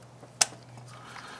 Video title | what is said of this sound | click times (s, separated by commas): Honda 1.7L Timing Belt Water Pump Replacement Part 3 | that lets you know it's fully seated and locked in place | 0.4 s